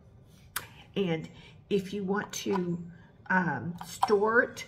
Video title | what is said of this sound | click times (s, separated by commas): #Sonicsmooth Review - Do you want soft and glowing skin WATCH NOW! | you push till it clicks and then it comes out. | 0.6 s